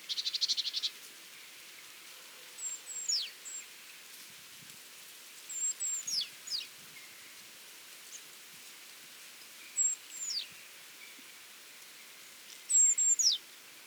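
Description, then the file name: Great tit calls: high thin whistles that slide steeply downward, given every few seconds, after a brief buzzy burst at the start. "Parus major"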